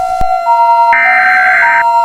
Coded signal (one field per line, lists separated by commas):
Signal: Emergency Alert System (SAME) tones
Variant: header bursts